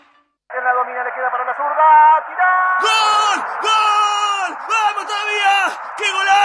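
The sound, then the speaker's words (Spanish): A crowd shouts in a goal celebration in an Amstel beer radio advert, one long drawn-out yell that holds steady, then jumps louder and higher partway through and stays strained and sustained until the end; the goal is then ruled offside by VAR. “Te puedes equivocar gritando un gol, eligiendo la cerveza.”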